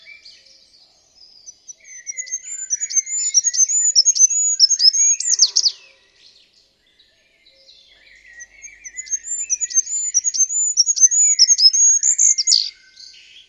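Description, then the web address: Bird giving two long bursts of fast, high-pitched twittering and chipping, separated by a short quiet gap, with softer lower notes mixed in. "birddata Deverinetal 2025"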